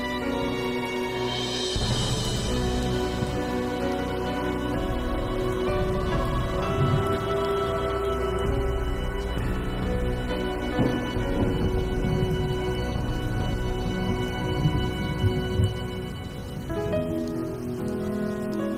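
A soundtrack of thick, sustained tones layered from deep bass up to bright high notes, holding a steady, full loudness throughout. A shimmering swell rises near the two-second mark, and the texture thins and shifts briefly around sixteen seconds before resuming.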